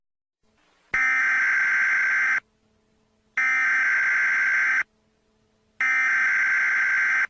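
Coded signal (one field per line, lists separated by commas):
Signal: Emergency Alert System (SAME) tones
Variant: header bursts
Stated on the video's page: Fictional EAS scenario.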